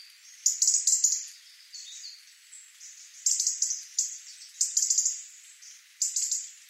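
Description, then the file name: European robin giving a run of short, high, sparkling twittered phrases with brief pauses between them, some notes sliding and trilled. "Erithacus rubecula"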